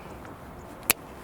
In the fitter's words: into the opening. Snaps